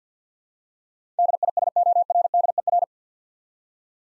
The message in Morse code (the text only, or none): DISORDER